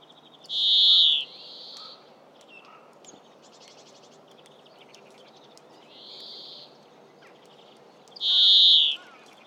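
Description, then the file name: European greenfinch calling with harsh nasal wheezes, two loud ones at the start and end and softer ones between, mixed with brief twittering trills. "Chloris chloris"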